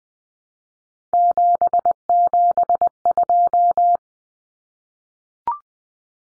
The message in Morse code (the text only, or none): 772